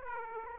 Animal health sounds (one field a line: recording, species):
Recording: mosquito wingbeat signal from an infrared sensor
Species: Aedes aegypti